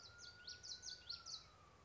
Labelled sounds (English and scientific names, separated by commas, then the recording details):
Common Yellowthroat (Geothlypis trichas)
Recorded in Sonoma County, California